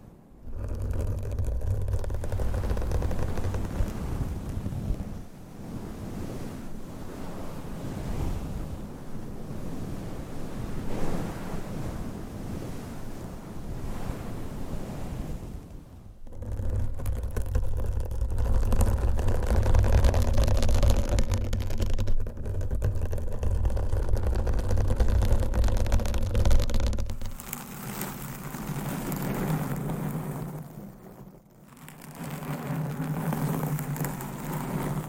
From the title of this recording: Scratching , Tapping , Massage & More No Talking